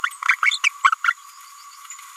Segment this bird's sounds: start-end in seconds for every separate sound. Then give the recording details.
0.03-0.09, 0.28-0.36, 0.42-0.50, 0.63-0.69, 0.83-0.91, 1.04-1.14. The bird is a female. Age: 25 days. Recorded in a nest box in Venezuela. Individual 17B102A5